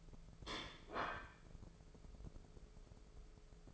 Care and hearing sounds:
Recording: daily activity, microphone in the room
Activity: place plate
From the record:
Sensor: 5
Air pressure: 1015.1 hPa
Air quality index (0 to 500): 205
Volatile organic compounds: 10 ppm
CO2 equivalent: 2246 ppm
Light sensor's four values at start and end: 70/166/70/75 and 65/154/64/68

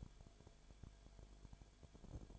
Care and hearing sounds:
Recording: daily activity, microphone in the room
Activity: no activity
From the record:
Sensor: 5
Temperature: 19.8 degrees Celsius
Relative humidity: 33.3%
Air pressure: 1001.4 hPa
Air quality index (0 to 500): 32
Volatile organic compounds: 1 ppm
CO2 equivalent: 525 ppm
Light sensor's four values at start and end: 2/3/1/1 and 2/3/1/1

